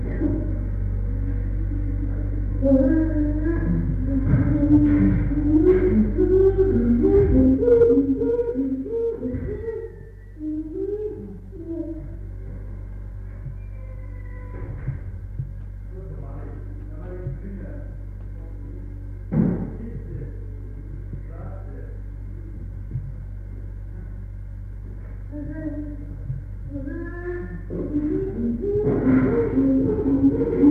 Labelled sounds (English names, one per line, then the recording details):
Chimpanzee
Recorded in captivity
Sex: diverse
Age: adult
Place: Tierpark Berlin, Berlin, DE
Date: 1961-01-18
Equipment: Smaragd
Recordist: Korde and Stein
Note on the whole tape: Trampeln; Susi: Heulen, Klatschen, Gitterrütteln; Jussub (Orang) und Monika: Laute; Susi: Heulen, Klatschen, Gitterrütteln; Monika: Trampeln (Berufspraktikum-Protokoll)